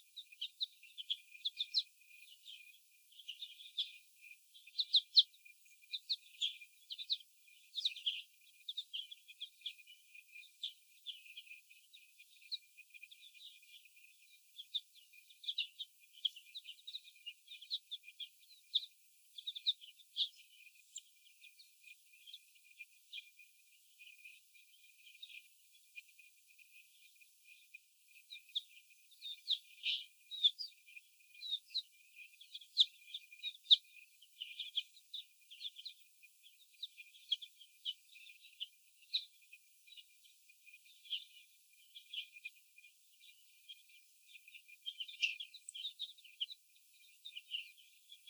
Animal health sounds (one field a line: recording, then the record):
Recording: young laying hens in a cage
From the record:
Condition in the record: before the stressor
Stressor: sudden umbrella opening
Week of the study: 2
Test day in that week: 1